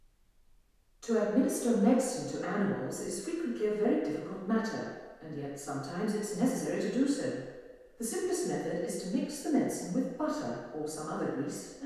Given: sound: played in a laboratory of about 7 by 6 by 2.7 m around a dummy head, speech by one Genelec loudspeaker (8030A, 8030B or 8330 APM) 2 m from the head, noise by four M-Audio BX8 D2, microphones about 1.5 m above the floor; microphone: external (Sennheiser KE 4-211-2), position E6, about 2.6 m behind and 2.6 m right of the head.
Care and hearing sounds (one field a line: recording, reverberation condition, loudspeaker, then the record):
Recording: female speech in English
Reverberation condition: high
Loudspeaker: 30 degrees to the left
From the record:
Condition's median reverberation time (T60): about 1300 ms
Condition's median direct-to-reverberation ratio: about -4.0 dB